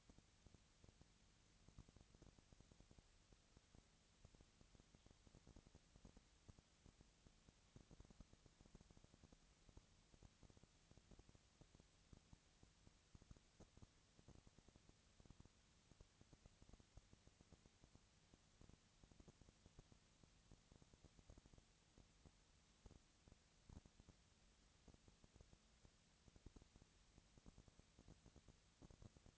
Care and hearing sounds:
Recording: daily activity, microphone in the room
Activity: no activity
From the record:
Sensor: 3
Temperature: 20.6 degrees Celsius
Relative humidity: 35.7%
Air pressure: 998.8 hPa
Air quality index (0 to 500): 235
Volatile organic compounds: 71 ppm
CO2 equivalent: 3524 ppm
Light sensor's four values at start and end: 2/3/2/2 and 2/3/2/2

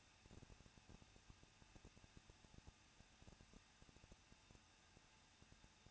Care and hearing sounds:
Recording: daily activity, microphone in the room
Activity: no activity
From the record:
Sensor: 2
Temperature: 21.0 degrees Celsius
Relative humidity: 37.3%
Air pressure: 1006.3 hPa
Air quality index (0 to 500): 221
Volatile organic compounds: 23 ppm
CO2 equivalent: 2792 ppm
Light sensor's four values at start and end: 2/3/2/2 and 2/3/2/2

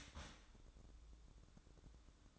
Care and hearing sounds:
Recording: daily activity, microphone in the room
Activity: start toaster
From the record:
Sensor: 3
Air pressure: 1007.3 hPa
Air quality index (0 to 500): 54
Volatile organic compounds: 1 ppm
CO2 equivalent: 591 ppm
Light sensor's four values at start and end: 7/17/7/7 and 7/17/7/7

